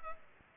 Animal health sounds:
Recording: mosquito wingbeat signal from an infrared sensor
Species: Culex pipiens

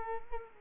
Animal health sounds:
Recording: mosquito wingbeat signal from an infrared sensor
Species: Culex quinquefasciatus

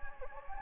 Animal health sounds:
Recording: mosquito wingbeat signal from an infrared sensor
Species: Anopheles gambiae

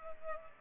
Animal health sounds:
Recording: mosquito wingbeat signal from an infrared sensor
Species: Culex pipiens

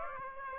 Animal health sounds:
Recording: mosquito wingbeat signal from an infrared sensor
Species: Aedes aegypti

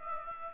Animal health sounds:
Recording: mosquito wingbeat signal from an infrared sensor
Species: Aedes aegypti

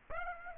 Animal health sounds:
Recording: mosquito wingbeat signal from an infrared sensor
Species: Aedes aegypti

